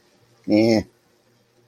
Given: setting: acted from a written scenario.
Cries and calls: vocal sound without words; contempt

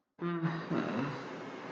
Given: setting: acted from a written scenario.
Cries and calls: vocal sound without words; sadness

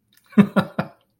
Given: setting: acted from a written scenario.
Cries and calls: vocal sound without words; amusement

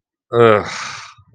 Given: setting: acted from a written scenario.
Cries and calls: vocal sound without words; contempt

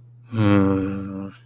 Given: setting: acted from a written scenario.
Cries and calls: vocal sound without words; guilt

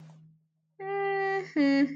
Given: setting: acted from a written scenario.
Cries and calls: vocal sound without words; neutral

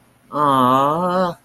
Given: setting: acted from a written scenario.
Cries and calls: vocal sound without words; sympathy

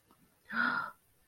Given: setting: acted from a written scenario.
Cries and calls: vocal sound without words; awe

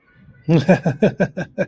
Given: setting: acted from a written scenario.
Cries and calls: vocal sound without words; amusement

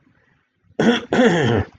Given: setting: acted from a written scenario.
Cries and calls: vocal sound without words; neutral

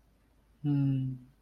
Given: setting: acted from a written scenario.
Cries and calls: vocal sound without words; contentment

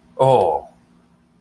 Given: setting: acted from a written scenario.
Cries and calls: vocal sound without words; relief

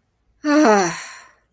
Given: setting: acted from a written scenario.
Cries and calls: vocal sound without words; contentment

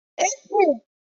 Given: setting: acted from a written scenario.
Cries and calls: vocal sound without words; distress

